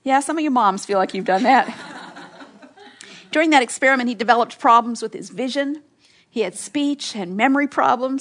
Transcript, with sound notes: Yes, some of you moms feel like you’ve done that. (laughter) During that experiment, he developed problems with his vision. He had speech and memory problems.